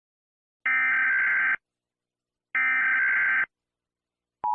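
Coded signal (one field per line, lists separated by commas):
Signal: Emergency Alert System (SAME) tones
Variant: header bursts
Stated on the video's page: Fictional EAS scenario based on Helluva Boss.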